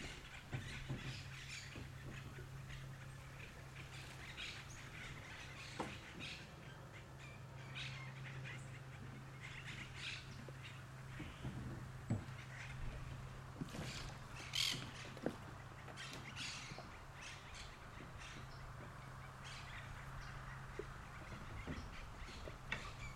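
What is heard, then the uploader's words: An outdoor scene in the river delta, with birds squawking and calling in short, frequent bursts throughout. A steady low hum runs underneath the whole time, like a motor. A louder, sharper call stands out around the middle. Delta del Tigre, Argentina. By Eva Moeraert.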